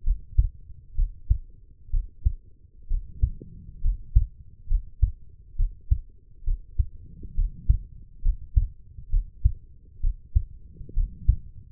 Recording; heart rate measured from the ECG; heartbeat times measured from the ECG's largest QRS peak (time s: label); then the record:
heart sounds by stethoscope; 66 bpm
0.03 s: heartbeat
0.95 s: heartbeat
1.90 s: heartbeat
2.87 s: heartbeat
3.81 s: heartbeat
4.67 s: heartbeat
5.56 s: heartbeat
6.44 s: heartbeat
7.34 s: heartbeat
8.22 s: heartbeat
9.09 s: heartbeat
10.00 s: heartbeat
10.93 s: heartbeat
From the record:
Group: healthy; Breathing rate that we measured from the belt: 16 breaths a minute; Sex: female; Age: 23 years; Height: 160 cm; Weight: 50.4 kg